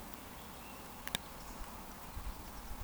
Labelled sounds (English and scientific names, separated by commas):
Eurasian Woodcock (Scolopax rusticola) whistle